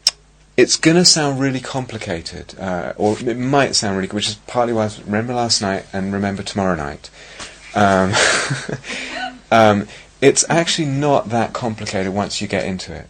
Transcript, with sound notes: it's going to sound really complicated. It might sound really complicated, which is partly why, remember last night and remember tomorrow night. [laughter] It's actually not that complicated once you get into it,